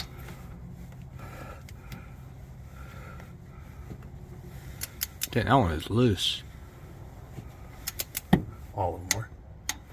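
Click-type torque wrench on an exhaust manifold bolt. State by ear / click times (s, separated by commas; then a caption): torque reached / 9.7 s. A click-type torque wrench tightens another exhaust manifold bolt on a Ford truck while someone talks. A series of sharp metallic ticks and clacks builds up, and the wrench clicks at its setting at 9.7 s, confirming the bolt is torqued.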